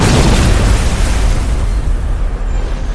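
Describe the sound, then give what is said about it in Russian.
A powerful, deafening explosion that tears a huge hole at the waterline of the ship Blura bursts out at full volume, then rolls into a heavy, sustained low rumble that slowly loses its crackling top over a few seconds. No voices. “Несколько секунд спустя оглушительным мощным взрывом вырвало огромную дыру у ватерлинии Блуры.”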